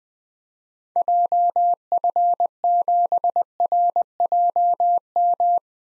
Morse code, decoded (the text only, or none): JF7RJM